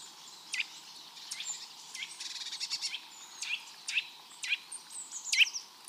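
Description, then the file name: Eurasian nuthatch calling with clipped, high notes at irregular intervals over a soft hiss. "Sitta europaea"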